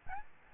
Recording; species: mosquito wingbeat signal from an infrared sensor; Aedes albopictus